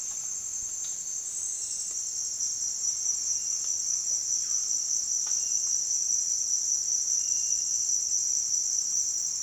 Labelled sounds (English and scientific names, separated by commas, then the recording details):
none
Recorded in dense forest near Puerto Asís, Putumayo, Colombia, on 19 June 2025 at 08:00
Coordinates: 0.466, -76.327
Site GP04